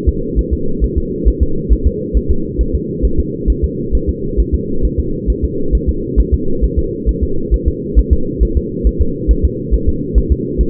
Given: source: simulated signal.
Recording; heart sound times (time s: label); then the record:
fetal heart sounds
0.09 s: S2
0.39 s: S1
0.53 s: S2
0.84 s: S1
0.98 s: S2
1.28 s: S1
1.43 s: S2
1.73 s: S1
1.87 s: S2
2.17 s: S1
2.31 s: S2
2.61 s: S1
2.75 s: S2
3.05 s: S1
3.20 s: S2
3.50 s: S1
3.64 s: S2
3.95 s: S1
4.09 s: S2
4.40 s: S1
4.55 s: S2
4.85 s: S1
5.00 s: S2
5.30 s: S1
5.44 s: S2
5.75 s: S1
5.89 s: S2
6.20 s: S1
6.34 s: S2
6.64 s: S1
6.79 s: S2
7.09 s: S1
7.23 s: S2
7.54 s: S1
7.68 s: S2
7.99 s: S1
8.13 s: S2
8.43 s: S1
8.57 s: S2
8.87 s: S1
9.01 s: S2
9.31 s: S1
9.45 s: S2
9.74 s: S1
9.89 s: S2
10.18 s: S1
10.32 s: S2
10.61 s: S1
From the record:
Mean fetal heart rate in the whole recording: 135 bpm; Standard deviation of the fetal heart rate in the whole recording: 3 bpm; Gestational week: 34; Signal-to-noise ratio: -8.1 dB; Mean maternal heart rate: 72 bpm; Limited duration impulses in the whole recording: absent